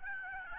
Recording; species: mosquito wingbeat signal from an infrared sensor; Aedes albopictus